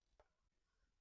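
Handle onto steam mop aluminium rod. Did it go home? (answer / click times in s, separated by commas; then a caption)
no / none. The handle is pressed onto the aluminium rod of a Tordair 13-in-1 steam mop, with a brief rubbing and handling sound around 0.2 s and faint low rustling after it. The handle has not gone home yet, and nothing has seated or clicked.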